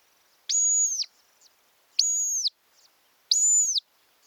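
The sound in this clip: Montagu's harrier calling with three high, thin whistles, each steady and level for about half a second, spaced over a second apart.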